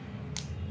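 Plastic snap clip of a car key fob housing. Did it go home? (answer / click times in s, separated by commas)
released / 0.4 s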